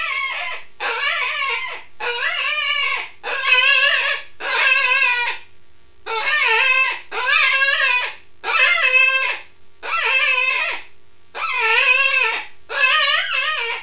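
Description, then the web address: Rabbit squealing calls, a long series of many quavering cries, each under a second, separated by short pauses. "wild-game-downloads rabbits"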